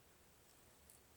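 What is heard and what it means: A small neck knife is pushed down into its kydex sheath, which should snap over the retention screw, but it goes in at an angle rather than straight. Only faint rustling is heard, with two brief soft ticks near 0.9 and 1.2 seconds. Nothing has seated or clicked yet.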